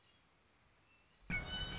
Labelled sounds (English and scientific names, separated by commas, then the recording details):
Red-winged Blackbird (Agelaius phoeniceus)
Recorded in Sonoma County, California